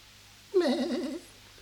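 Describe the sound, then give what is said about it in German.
A goat being held lets out one short, quavering bleat, a shaky nasal cry lasting about half a second before it cuts off, with nothing else but faint background hum around it. “Nein, halt nicht die Ziege.”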